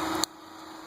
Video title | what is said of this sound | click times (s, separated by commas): TuneUP - Spark Plugs | and you heard that click but it's a lot easier if you take your flathead screwdriver that fits inside of here | 0.2 s